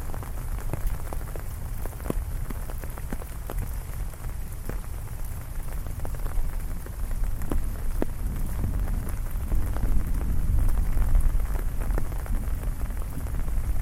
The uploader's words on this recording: Thunderstorm in the City Ambient ASMR. The rain is falling down heavily and the thunder is echoing in the background.